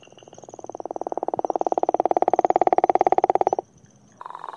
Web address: Frog Calls Rana capito - Gopher Frog